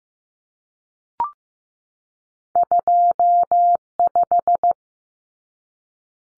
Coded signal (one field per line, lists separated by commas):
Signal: Morse code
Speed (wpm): 15 wpm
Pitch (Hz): 700 Hz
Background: none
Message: 25